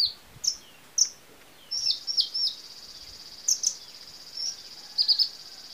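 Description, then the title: Small bird chirps: sparse, sharp, very high notes, some in quick pairs or triplets, over a constant high-pitched hiss. "Burung Kecil"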